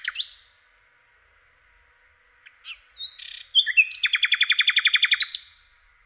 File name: Slowik rdzawy